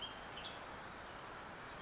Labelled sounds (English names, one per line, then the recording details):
Western Tanager
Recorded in Sonoma County, California